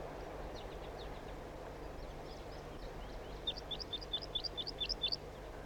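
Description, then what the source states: Crossbill flight calls: a quick series of sharp, high chip notes repeated rapidly in the last two seconds, over a steady low hum and faint earlier chips. A wild bird called in, a second one arriving.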